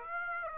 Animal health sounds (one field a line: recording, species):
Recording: mosquito wingbeat signal from an infrared sensor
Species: Aedes aegypti